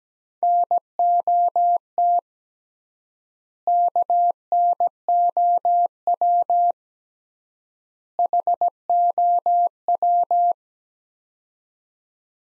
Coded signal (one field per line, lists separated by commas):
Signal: Morse code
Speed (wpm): 17 wpm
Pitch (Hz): 700 Hz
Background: none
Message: NOT KNOW HOW